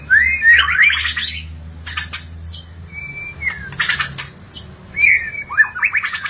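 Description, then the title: Magpie-robin or shama song: a burst of warbled notes, then scattered clicks, a flat sustained whistle and short harsh chips over a faint low hum. "BM Suara Burung Murai"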